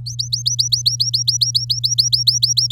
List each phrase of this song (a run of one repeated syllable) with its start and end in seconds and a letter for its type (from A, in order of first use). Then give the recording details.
0.06-2.71 A. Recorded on 11 May 2018 at 09:26. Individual llb16